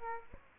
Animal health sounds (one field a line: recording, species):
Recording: mosquito wingbeat signal from an infrared sensor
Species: Aedes aegypti